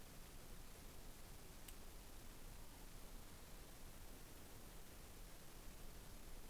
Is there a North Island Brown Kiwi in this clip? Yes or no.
no